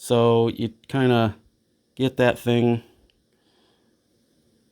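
Someone talks while a faucet valve cartridge for a Moen two-handle faucet is worked into the faucet valve body and lined up with its notch, ready to be pushed down. A faint, brief tick comes at about 3.1 s, followed by quiet handling. The cartridge has not yet seated or popped into place.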